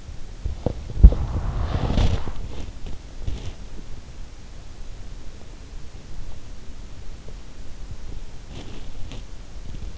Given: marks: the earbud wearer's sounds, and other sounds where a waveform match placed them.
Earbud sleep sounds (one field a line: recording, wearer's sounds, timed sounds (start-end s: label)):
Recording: sounds in sleep by an in-ear microphone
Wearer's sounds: body movement, breath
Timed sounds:
0.00-3.75 s: body movement
1.02-2.36 s: breath